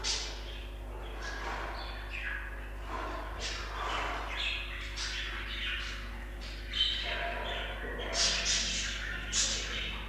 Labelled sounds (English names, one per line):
Budgerigar call